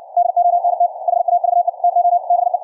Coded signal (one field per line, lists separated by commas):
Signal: Morse code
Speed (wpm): 64 wpm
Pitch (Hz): 700 Hz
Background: none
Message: DONT HAVE TO BE